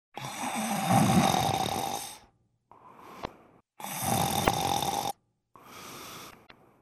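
Two loud rattling snores on inhaling, each followed by a softer breathy exhale: ordinary snoring.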